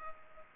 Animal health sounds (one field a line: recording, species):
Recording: mosquito wingbeat signal from an infrared sensor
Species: Culex pipiens